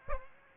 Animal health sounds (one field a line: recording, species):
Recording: mosquito wingbeat signal from an infrared sensor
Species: Aedes aegypti